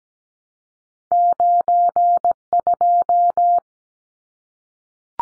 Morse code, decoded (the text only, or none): 92